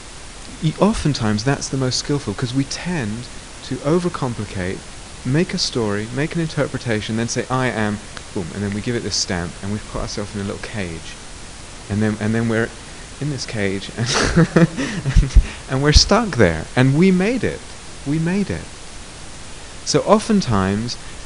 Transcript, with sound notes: Oftentimes that's the most skilful, because we tend to over-complicate, make a story, make an interpretation, and then say, "I am," and we give it this stamp, and we've put ourself in a little cage. Then we're in this cage and ... [laughter] we're stuck there, and we made it. We made it. So oftentimes,